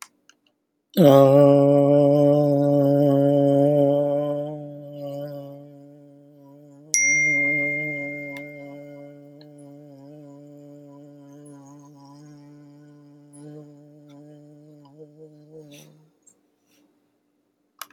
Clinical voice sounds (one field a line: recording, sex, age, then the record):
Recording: vowel held as long as possible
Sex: male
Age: 70 to 79 years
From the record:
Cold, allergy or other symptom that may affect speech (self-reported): no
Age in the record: 70 years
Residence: Louisiana, United States